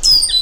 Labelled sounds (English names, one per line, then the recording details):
Stitchbird song
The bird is a male
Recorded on Tiritiri Matangi Island, New Zealand, in 2005
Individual 3, of nest box 3